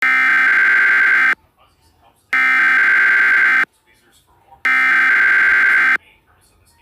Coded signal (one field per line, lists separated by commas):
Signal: Emergency Alert System (SAME) tones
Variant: header bursts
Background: speech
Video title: Eas black hole warning gws in goanicity